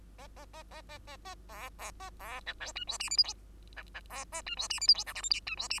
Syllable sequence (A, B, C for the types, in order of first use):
A A A A A A A B B A B C D E F G H I J C C B A E F G H I J K L M N E F G